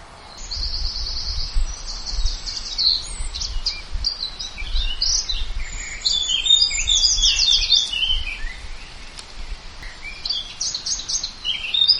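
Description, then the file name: Bird song, quick high chirps and trilled notes tumbling over one another, over a low rumble of background noise. "birdsong diversitree"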